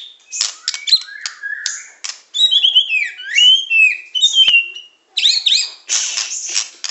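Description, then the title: Oriental magpie-robin song: bursts of high, sweeping whistles and twittering notes broken by short pauses, with some harsh rasping notes near the end. "Kicau Kacer"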